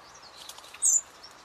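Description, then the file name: Common blackbird giving one brief, piercing high-pitched call note amid a faint background. "Turdus merula"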